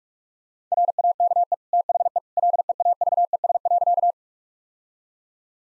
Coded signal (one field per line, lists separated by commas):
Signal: Morse code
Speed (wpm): 46 wpm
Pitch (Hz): 700 Hz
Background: none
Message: RAKE THE LEAVES.